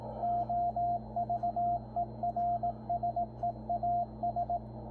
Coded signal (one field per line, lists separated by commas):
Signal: Morse code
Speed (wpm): 17 wpm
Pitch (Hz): 700 Hz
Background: radio noise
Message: OVERSEAS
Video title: W1AW CW Morse code bulletin decode 3581.5 kHz Shortwave on Yaesu FTdx10 transceiver